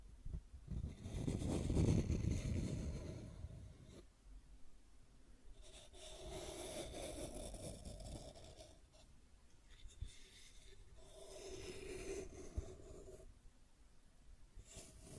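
Scratching and tracing sounds come in rough, rasping strokes, each lasting a couple of seconds, around 0–4, 6–8, 10–13 seconds. The first stroke is the loudest and heaviest, with a deep rumble under the scrape; the later ones are lighter and hissier, separated by short quiet pauses.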